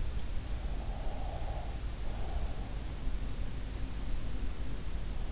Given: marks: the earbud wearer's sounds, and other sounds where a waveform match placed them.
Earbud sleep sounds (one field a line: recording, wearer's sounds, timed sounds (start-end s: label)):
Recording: sounds in sleep by an in-ear microphone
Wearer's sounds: breath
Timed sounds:
0.55-2.67 s: breath